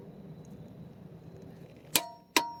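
A 1/2-inch click torque wrench set to 129 ft-lb with a deep socket tightens a lug nut on a Tesla Model Y wheel over a low background rumble. A sharp metallic hit sounds at about 2.0 s, then a louder, ringing click at 2.4 s as the wrench reaches its setting, confirming the lug nut is torqued.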